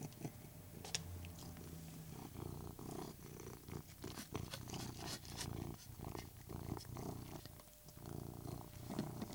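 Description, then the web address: Persian cat purring in a continuous low drone while chewing and lip-smacking noises click irregularly on top. Persian cat purring while eating. "BBC Cats BBC"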